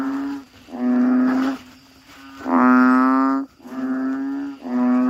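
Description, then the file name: Frog calls, nasal droning notes about a second long. "suara kodok bangkong"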